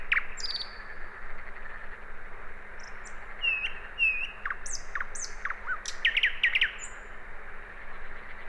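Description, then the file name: Common nightingale delivering a varied phrase of whistles, slurred notes and quick chirps, with a faint steady hum. "Luscinia megarhynchos"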